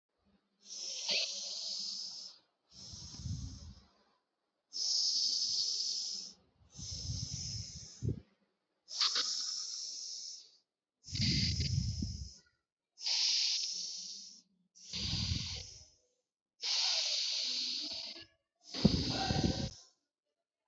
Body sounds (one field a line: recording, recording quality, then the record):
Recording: deep breathing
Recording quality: excellent, no background noise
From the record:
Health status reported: healthy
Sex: male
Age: 29 years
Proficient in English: yes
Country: India